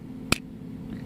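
The scope section of a transforming robot figure's plastic fusion cannon is faced downward and slid onto the cannon, giving a single sharp click at 0.3 s over a quiet low background hum. The scope section clicks into place and is seated.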